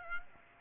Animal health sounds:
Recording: mosquito wingbeat signal from an infrared sensor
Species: Aedes aegypti

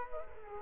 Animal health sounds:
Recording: mosquito wingbeat signal from an infrared sensor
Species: Culex quinquefasciatus

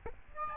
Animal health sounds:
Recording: mosquito wingbeat signal from an infrared sensor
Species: Aedes albopictus

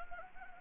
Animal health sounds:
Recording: mosquito wingbeat signal from an infrared sensor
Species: Anopheles gambiae

